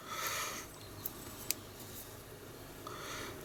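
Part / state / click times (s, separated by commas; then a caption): plastic model hull part into the model frame / seated / 1.5 s. A plastic hull part of an Eaglemoss/Hero Collector Star Trek Enterprise D starship model kit (Stage 2.2 assembly) is pushed from the other side into the model frame. After a short burst of rustling at the start, a small, sharp click sounds at 1.5 s, followed by quieter handling noise. The part seats in place.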